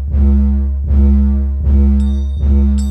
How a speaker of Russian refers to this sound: И тут послышался барабан. На этот раз не барабан гномов, а большой колорменский из буйволовой кожи. Дети с первого же момента возненавидели его звук. Бум-бум, ба-ба-бум.